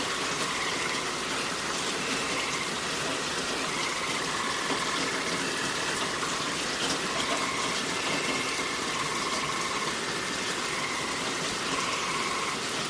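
Steady rain hisses without a break, a dense, even wash of patter that stays at one loudness throughout. Faint held tones drift in and out in the upper middle range, coming and going every few seconds behind the rain.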